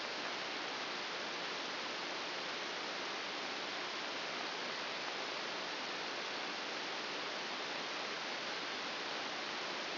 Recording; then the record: brain microelectrode recording played as sound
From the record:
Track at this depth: inside the subthalamic nucleus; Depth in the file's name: 0.606 mm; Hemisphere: right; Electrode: 2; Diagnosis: Parkinson's disease